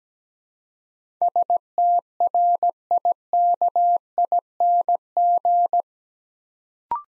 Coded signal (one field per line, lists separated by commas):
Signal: Morse code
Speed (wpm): 17 wpm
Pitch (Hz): 700 Hz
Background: none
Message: STRIKING